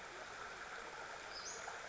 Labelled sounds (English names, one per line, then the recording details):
Western Flycatcher
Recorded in Sonoma County, California